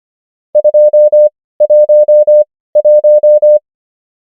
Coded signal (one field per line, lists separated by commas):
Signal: Morse code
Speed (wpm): 25 wpm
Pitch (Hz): 600 Hz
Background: none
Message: 2 1 1